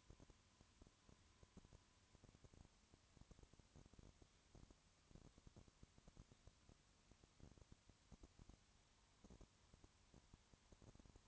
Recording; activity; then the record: daily activity, microphone in the room; no activity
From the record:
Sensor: 3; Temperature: 20.5 degrees Celsius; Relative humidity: 34.6%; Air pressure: 1001.0 hPa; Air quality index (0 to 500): 195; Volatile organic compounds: 6 ppm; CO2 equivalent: 1859 ppm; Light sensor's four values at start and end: 2/3/2/2 and 2/3/2/2